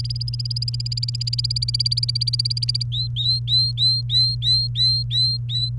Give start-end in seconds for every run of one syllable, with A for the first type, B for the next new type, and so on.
0.00-2.83 A, 2.92-5.70 B